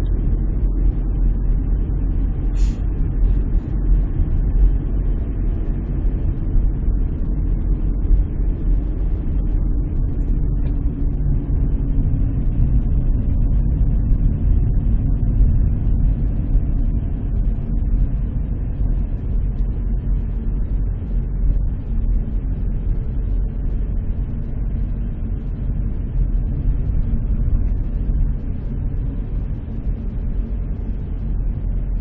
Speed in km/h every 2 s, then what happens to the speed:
33, 33, 34, 33, 31, 29, 26, 25, 23, 21, 21, 21, 21, 22, 21, 19.
0-5 steady at about 33. 5-18 slows to 21. 18-32 steady at about 21.